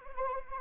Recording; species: mosquito wingbeat signal from an infrared sensor; Anopheles arabiensis